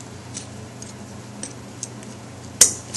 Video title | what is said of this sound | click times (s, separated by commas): ATS superGRIP Heat Sink Attachment Demonstration | When you hear that nice click, that lets you know that the spring clip is now in the correct place. | 2.6 s